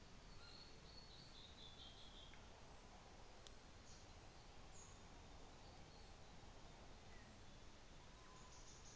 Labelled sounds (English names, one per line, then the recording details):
New Zealand Fantail
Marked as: faintness 3/5
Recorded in New Zealand on 24 December 2018
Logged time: 17:45